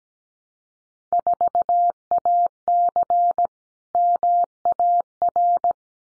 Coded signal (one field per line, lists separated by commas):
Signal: Morse code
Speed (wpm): 17 wpm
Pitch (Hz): 700 Hz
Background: none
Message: 4AC MAR